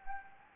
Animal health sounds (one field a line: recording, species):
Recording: mosquito wingbeat signal from an infrared sensor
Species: Anopheles arabiensis